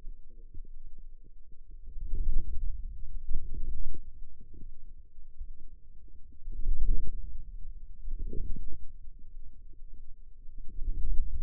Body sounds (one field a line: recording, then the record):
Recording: forearm muscle sounds (acoustic myography)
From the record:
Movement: inward rotation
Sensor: system 2, bracelet of six BSWA MPA416 microphones around the upper forearm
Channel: 2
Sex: female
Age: 21 years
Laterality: right